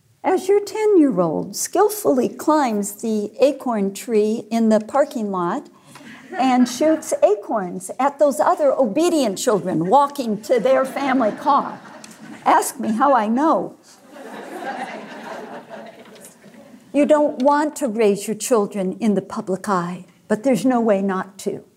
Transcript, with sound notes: as your ten-year-old skillfully climbs the acorn tree in the parking lot and shoots acorns at those other obedient children walking to their family car. Ask me how I know! (laughter) You don’t want to raise your children in the public eye, but there’s no way not to.